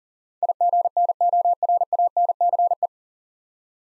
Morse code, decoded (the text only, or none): IGNORANCE